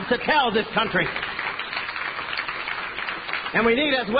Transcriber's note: applause